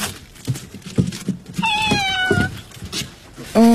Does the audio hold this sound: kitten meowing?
yes